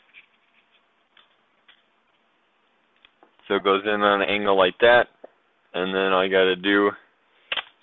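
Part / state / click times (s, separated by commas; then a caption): RAM module into laptop memory slot / seated / 7.5 s. The first SO-DIMM RAM module going into a MacBook being upgraded to 8 GB is set in at an angle and pushed down into the memory slot, with faint small ticks and handling sounds early on while someone talks. A sharp click at 7.5 s marks the module latching, locked into place with nowhere to go.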